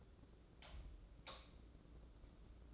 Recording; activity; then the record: daily activity, microphone in the room; light off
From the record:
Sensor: 3